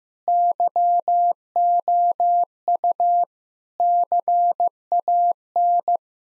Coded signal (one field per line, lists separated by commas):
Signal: Morse code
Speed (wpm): 15 wpm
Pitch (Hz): 700 Hz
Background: none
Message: YOU CAN